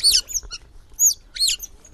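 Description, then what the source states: Asian small-clawed otter calls: three loud, high, arching squeaky chirps within two seconds, with a few fainter squeaks between them. Captive Asian small-clawed otters, a threatened species, at the Jardin d'Asie, Normandy, France, answering when called by their keepers, whose voices they are used to.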